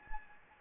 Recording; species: mosquito wingbeat signal from an infrared sensor; Anopheles gambiae